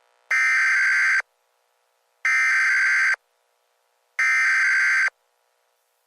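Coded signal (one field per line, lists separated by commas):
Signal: Emergency Alert System (SAME) tones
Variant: header bursts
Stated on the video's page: Fictional EAS scenario alert about a zombie virus.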